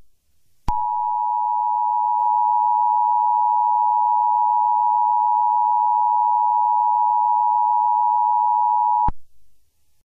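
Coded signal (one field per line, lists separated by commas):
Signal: Emergency Alert System (SAME) tones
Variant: 853 and 960 Hz attention tone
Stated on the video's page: Fictional mega-disaster alert scenario.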